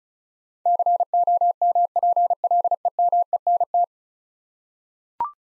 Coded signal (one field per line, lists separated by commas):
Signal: Morse code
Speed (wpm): 36 wpm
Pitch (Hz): 700 Hz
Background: none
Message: COMPLEMENT